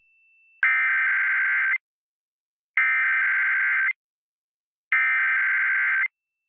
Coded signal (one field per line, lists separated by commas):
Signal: Emergency Alert System (SAME) tones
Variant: header bursts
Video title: eas test 1-12-21 c: to I forgot